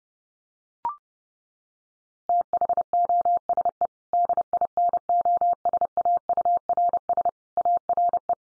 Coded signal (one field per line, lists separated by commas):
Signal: Morse code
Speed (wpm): 30 wpm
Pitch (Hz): 700 Hz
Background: none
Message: THOSE DINOSAURS ARE